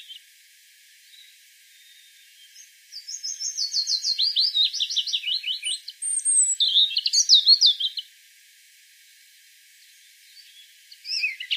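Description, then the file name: European robin delivering a sustained high song of rapid trills and sliding notes for about five seconds, preceded and followed by near silence and a brief final note. "Erithacus rubecula"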